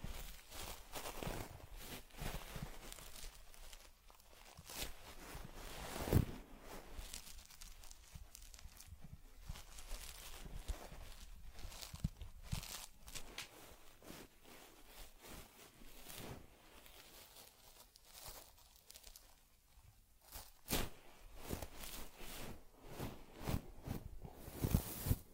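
Teddy's head massage and grooming produce a dense run of soft rustles, brushing strokes and crinkly scratches, with sharper clicks scattered throughout.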